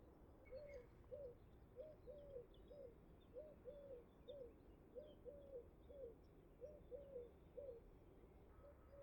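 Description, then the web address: Eurasian collared dove cooing in steady three-note phrases, each soft rising-falling triplet repeated about every second and a half, over a low background rumble. Recorded during an educational listening workshop about the neighbourhood, in France. "ecoute de mon quartier tourterelle turque"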